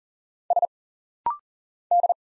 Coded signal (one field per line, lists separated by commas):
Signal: Morse code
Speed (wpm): 40 wpm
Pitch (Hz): 700 Hz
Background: none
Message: S D